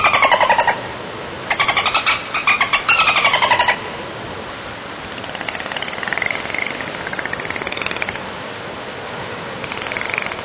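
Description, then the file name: Dolphin calls: rapid buzzy pulsed bursts in quick groups for the first four seconds, followed by softer rising and falling whistles amid underwater hiss. "Golfinhos"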